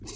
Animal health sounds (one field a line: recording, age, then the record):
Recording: pig call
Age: weaner (32 to 43 days)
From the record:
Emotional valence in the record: negative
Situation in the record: novel object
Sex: female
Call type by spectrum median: high-frequency call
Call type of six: high-frequency stable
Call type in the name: high-frequency stable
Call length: 0.16 s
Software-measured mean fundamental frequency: 307 Hz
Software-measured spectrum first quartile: 271 Hz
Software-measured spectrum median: 2647 Hz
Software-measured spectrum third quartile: 6230 Hz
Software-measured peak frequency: 93 Hz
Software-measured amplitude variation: 82 dB a second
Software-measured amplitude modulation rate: 12.4 a second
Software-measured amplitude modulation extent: 6.6 dB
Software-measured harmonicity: 0.8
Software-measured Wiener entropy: -3.49